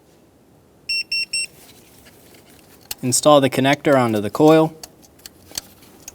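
A wiring harness connector is handled at an engine ignition coil on a 2010-2014 Subaru Outback, to be pushed on until it locks. Three short, high electronic beeps sound at about 0.9 to 1.4 s, someone talks, and a few faint sharp taps follow near 5.3 and 5.6 s. Nothing has clicked or seated yet by the end of the clip.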